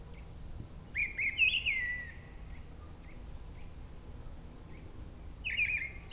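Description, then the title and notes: Mistle thrush song: a loud fluting phrase of short whistled notes near one second, a few faint notes between, then a second phrase begins near the end over low rumbling background noise. Singing perched high in a treetop at a forest edge, Brison-Saint-Innocent, France; Sunday, grey weather, 10°C; a quieter moment lets the bird be heard alone. "Brison-Saint-Innocent, France - Grive draine. En lisière de la forêt une grive draine chante haut perchée à la cime d'un arbre, beaucoup de passages d'avions avec l'aéroport proche un dimanche , il y a quand même un moment plus calme pour l'entendre seule, le temps est gris 10°"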